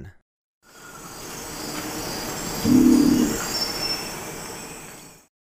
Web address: Natures Songs S America Birds of Ecuador Long-wattled Umbrellabird